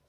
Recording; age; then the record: pig call; piglet (1 to 25 days)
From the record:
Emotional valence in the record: positive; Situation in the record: reunion after long isolation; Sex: male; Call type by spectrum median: low-frequency call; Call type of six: low-frequency stable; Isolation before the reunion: 8 minutes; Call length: 0.08 s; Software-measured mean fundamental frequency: 61 Hz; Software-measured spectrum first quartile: 308 Hz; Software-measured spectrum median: 1320 Hz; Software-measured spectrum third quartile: 8602 Hz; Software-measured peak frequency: 140 Hz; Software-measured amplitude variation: 45 dB a second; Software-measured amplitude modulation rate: 6.0 a second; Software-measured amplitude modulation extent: 7.5 dB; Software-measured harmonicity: 3.8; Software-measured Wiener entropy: -2.51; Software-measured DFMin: 421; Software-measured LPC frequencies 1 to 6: 587, 2224, 3122, 3868, 5175, 7873 Hz